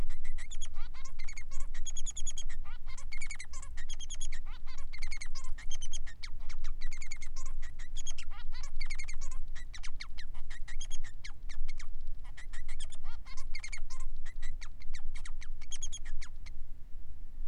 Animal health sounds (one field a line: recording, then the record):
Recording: song of a male Bengalese finch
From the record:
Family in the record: son of father 3